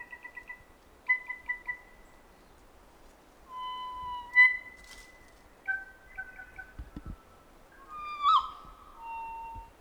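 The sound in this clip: Kōkako song: clear, organ-like sustained notes that slide and hold, mixed with short rapid pipping series, over a quiet background.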